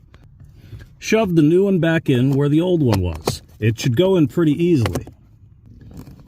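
A wiring harness connector is plugged onto a new blower motor resistor under the dash of a 2000-2006 Nissan Sentra, replacing an old resistor with a burnt trace. The plastic latch snaps home at 0.1 s, followed by someone talking, then a few faint clicks and rustles near the end. The connector is seated.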